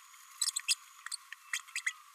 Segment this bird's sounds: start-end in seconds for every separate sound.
0.41-0.51, 0.56-0.59, 0.68-0.75, 1.11-1.16, 1.53-1.59, 1.75-1.80, 1.86-1.92